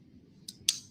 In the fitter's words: they lock. You heard it lock and click? It locks, right?